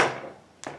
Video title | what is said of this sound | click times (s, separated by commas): Kobalt 24 Volt Chainsaw. Unboxing and use. | just slides in from the side and locks in place | 0.6 s